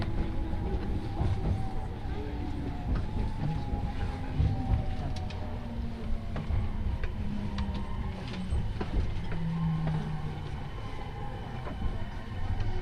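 Steady low rumble and rattle of a Tokaido Line special rapid train in motion, dense and continuous throughout. Faint tonal whines drift in the lower-middle range, with brief clicks and knocks scattered across the run and a possible murmur of voices underneath.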